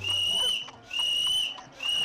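Three sustained, high-pitched whistles from a person, each a steady shrill note of about half a second, separated by short pauses.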